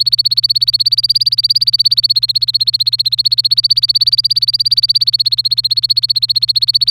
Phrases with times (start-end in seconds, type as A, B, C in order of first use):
0.00-6.90 A